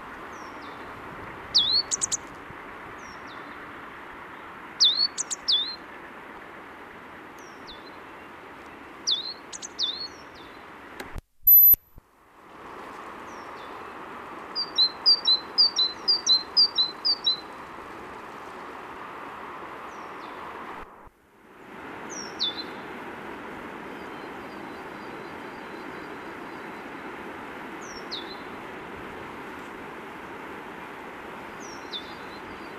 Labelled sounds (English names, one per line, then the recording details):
Great Tit song
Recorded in the wild
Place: Oberstdorf, Bayern, DE
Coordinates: 47.38, 10.2969
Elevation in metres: 881
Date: 1976-04-02
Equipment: Nagra IV, Sennheiser MKH 405, Parabolreflektor
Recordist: Tretzel, Erwin